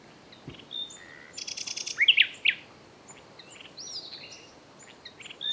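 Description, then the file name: Common nightingale song: brief buzzy rattle and a few sharp, slurred notes among faint scattered chirps. "Luscinia megarhynchos"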